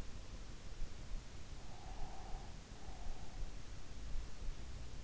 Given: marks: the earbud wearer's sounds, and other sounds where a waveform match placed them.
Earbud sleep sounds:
sounds in sleep by an in-ear microphone; breath
1.56-3.72 s: breath

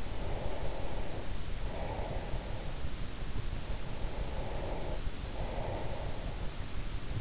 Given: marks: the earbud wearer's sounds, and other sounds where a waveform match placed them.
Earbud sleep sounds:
sounds in sleep by an in-ear microphone; breath
0.00-3.10 s: breath
3.62-6.46 s: breath

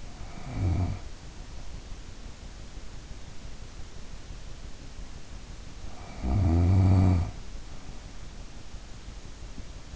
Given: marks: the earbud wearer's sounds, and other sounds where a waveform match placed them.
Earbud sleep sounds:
sounds in sleep by an in-ear microphone; snoring breath
0.00-0.95 s: snoring breath
5.85-7.40 s: snoring breath

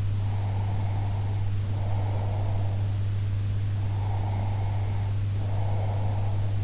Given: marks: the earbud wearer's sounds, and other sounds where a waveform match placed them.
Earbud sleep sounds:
sounds in sleep by an in-ear microphone; breath
0.25-2.91 s: breath
3.74-6.57 s: breath

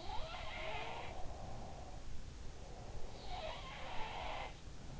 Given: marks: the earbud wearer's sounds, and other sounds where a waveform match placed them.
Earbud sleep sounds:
sounds in sleep by an in-ear microphone; breath
0.00-2.07 s: sound from someone else or the room
1.16-3.69 s: breath
3.21-5.00 s: sound from someone else or the room

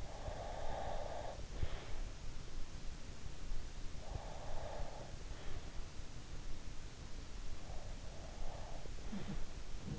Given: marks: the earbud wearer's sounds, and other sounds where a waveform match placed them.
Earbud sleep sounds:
sounds in sleep by an in-ear microphone; breath
0.00-1.87 s: breath
3.96-5.63 s: breath
7.83-9.39 s: breath
9.04-9.99 s: sound from someone else or the room

